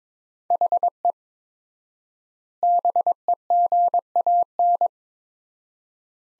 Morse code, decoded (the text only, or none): HE BEGAN